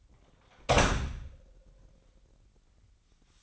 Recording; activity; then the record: daily activity, microphone in the room; close door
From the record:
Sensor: 3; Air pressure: 998.4 hPa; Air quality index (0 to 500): 142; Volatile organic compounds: 4 ppm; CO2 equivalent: 1696 ppm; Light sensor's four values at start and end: 16/46/18/17 and 16/46/18/17